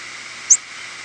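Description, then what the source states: Mourning warbler flight call: one very brief, high, thin note, slightly rising, over a faint steady hiss. Nocturnal flight call.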